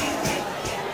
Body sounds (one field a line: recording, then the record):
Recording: coughing mixed with background sound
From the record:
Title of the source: Spring Cold Coughing 2